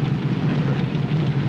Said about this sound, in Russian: Танки выезжают из леса на поляну.